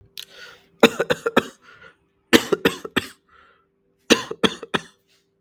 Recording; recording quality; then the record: shallow voluntary cough; excellent, no background noise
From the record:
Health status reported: COVID-19 positive, mild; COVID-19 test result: positive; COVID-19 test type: RT-PCR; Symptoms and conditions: cough, sore throat, fatigue, muscle pain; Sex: male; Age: 25 years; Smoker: no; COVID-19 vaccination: both doses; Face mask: not worn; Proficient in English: yes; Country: India